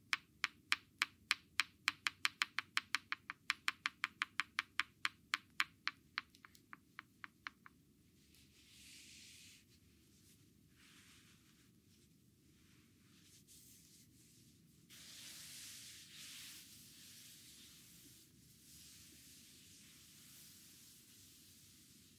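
During a hot stone massage, sharp, regular clicks like stones tapped together repeat about three times a second for the first eight seconds, thinning and softening as they go. Soft hissing and rubbing sounds follow, growing louder after fifteen seconds, over a steady low hum.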